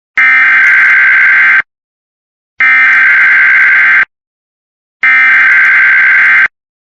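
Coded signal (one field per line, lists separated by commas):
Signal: Emergency Alert System (SAME) tones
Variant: header bursts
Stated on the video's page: EAS severe thunderstorm watch.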